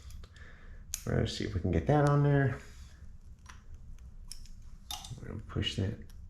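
A front sprocket retaining clip is pushed by hand onto the countershaft of a 2012 RMZ250 dirt bike, with small clicks and handling noises while someone talks. Nothing has seated or snapped into place yet.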